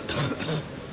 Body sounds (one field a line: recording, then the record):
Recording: coughing mixed with background sound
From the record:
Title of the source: Wet coughing